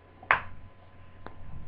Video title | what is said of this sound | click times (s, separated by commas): hp g62 dc jack and ac adapter repair.wmv | So, we can put the connector for the DC jack into place. Clicks into place easily. | 0.3 s